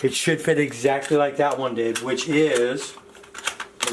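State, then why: Seated. A 3D-printed PLA bat symbol is pushed into a second, tilted PLA stand while someone talks for most of the clip. After the talking, a few small plastic taps and scrapes are heard, and the emblem clicks into place at 3.8 seconds, a perfect fit.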